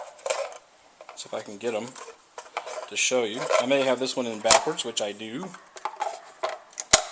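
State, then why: Seated. A spare 10-round polymer magazine for a Kel-Tec SU16 B rifle, first found to be in backwards, is turned around and pushed into the grooved storage slot in the buttstock while someone talks. Soft handling noises lead to a sharp click at 6.9 s as the magazine seats in place.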